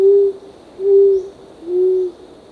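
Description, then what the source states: Short-toed coucal calling three low, soft hoots, each lasting about half a second with short gaps between, over a thin, constant high hum. Recorded on 1 April 2006.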